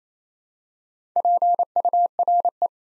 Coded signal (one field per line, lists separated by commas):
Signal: Morse code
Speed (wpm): 27 wpm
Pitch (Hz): 700 Hz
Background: none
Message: PURE